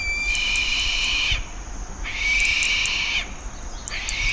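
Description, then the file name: Bird giving long, harsh, raspy calls about a second each, separated by short pauses, a third beginning at the end, over a steady high-pitched hum and faint ticking. "SABIOD 50 bird 2015"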